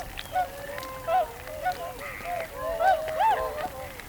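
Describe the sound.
Whooper swan honks, a few loud trumpeting notes rising and falling, several birds calling over one another in quick succession.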